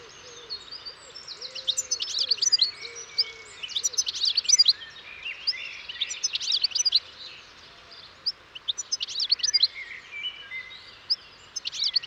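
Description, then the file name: European goldfinch song, repeated bursts of rapid tinkling twitters. "Carduelis carduelis"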